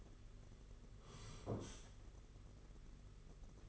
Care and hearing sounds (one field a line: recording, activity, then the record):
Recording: daily activity, microphone in the room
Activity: sit down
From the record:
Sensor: 4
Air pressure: 992.4 hPa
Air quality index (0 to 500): 117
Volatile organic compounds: 26 ppm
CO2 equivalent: 2870 ppm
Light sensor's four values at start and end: 20/72/26/27 and 20/72/26/28